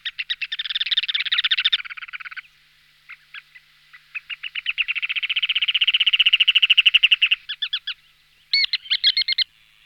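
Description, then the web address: Ruddy turnstone uttering fast metallic rattling trills, a brief pause with scattered clicks, then a long even rattle followed by short chattering bursts. "All the bird songs of Britain and Europe - Jean-Claude Roche. Arenaria interpres"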